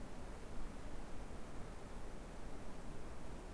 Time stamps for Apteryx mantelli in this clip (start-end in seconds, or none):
none